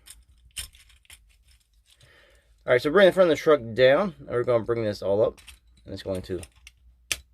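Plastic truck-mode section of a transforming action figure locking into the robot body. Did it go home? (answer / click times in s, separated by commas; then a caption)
yes / 7.1 s. Someone talks while transforming a plastic Transformers Legacy United G1 Trailbreaker action figure, bringing the front of the truck down and raising the truck-mode section toward the robot body, with faint plastic clicks and rattles along the way. At 7.1 s a sharp, loud click is heard as the truck section snaps and locks into place on the robot body.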